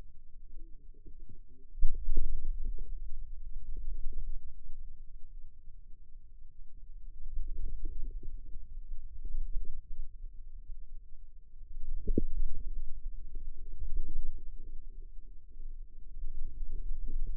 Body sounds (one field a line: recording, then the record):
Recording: forearm muscle sounds (acoustic myography)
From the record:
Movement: radial deviation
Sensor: system 2, bracelet of six BSWA MPA416 microphones around the upper forearm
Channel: 2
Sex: female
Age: 22 years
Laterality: right